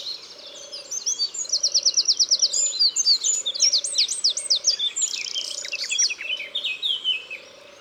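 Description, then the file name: Eurasian wren song: a loud, rapid run of high, sharp trills and twittering notes, with a soft low pulse repeating steadily underneath. Recorded in the Drôme, France. "Troglodyte mignon Concerts Naturels de la Drome Studio les Trois Becs"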